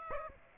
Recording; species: mosquito wingbeat signal from an infrared sensor; Aedes aegypti